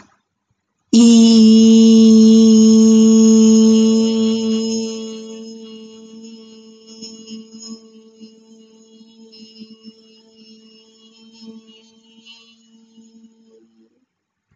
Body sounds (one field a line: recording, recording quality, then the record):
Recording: sustained vowel as in beet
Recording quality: excellent, no background noise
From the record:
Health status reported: healthy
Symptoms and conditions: none ticked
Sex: female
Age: 21 years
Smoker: not ticked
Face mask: not worn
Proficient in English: yes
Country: India